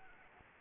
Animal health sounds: mosquito wingbeat signal from an infrared sensor; Anopheles arabiensis

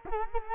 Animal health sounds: mosquito wingbeat signal from an infrared sensor; Culex quinquefasciatus

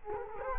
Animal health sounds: mosquito wingbeat signal from an infrared sensor; Culex quinquefasciatus

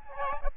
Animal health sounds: mosquito wingbeat signal from an infrared sensor; Aedes albopictus

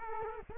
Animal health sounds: mosquito wingbeat signal from an infrared sensor; Culex quinquefasciatus

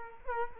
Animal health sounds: mosquito wingbeat signal from an infrared sensor; Culex quinquefasciatus

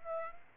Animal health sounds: mosquito wingbeat signal from an infrared sensor; Aedes aegypti

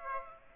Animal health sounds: mosquito wingbeat signal from an infrared sensor; Aedes aegypti

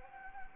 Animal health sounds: mosquito wingbeat signal from an infrared sensor; Anopheles gambiae

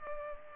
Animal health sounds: mosquito wingbeat signal from an infrared sensor; Culex pipiens

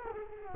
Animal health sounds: mosquito wingbeat signal from an infrared sensor; Culex quinquefasciatus

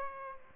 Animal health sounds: mosquito wingbeat signal from an infrared sensor; Aedes aegypti

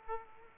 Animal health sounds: mosquito wingbeat signal from an infrared sensor; Aedes aegypti

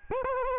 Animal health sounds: mosquito wingbeat signal from an infrared sensor; Aedes albopictus

